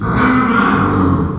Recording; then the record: squeal of a Yucatan mini pig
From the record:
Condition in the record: after surgery on the right vocal fold (resection and tissue-engineered implant); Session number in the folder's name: 15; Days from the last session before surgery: 175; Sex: female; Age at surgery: 19 weeks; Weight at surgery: 25 kg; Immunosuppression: prednisolone